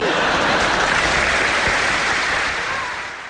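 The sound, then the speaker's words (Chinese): Sustained, enthusiastic applause from an audience at a crosstalk (xiangsheng) comedy performance, a dense wash of clapping that holds steady for a few seconds before beginning to taper off at the end. “您听台下的反应还有这掌声多么的热烈，这就说明啊，相声的确是反映了生活，反映的这焦点呢就是大伙儿的心声。”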